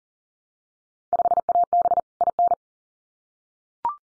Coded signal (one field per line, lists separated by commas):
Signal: Morse code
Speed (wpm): 40 wpm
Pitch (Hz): 700 Hz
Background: none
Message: 5AB IN